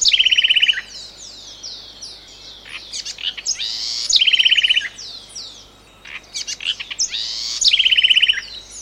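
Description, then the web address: Bird calls: a fast, even trill repeated three times, set against a busy chorus of other birds' chirps and sweeping notes. "hangok allatok madar bbc"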